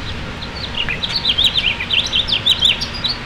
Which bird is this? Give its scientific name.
Haemorhous mexicanus